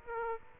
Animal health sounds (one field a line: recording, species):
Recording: mosquito wingbeat signal from an infrared sensor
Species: Aedes aegypti